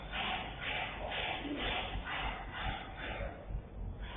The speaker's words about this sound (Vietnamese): Chẳng hạn như chúng ta vừa nghe cái tiếng đóng đinh tạo ra một cái âm thanh keng keng keng hay là tung tung tung ở trong tường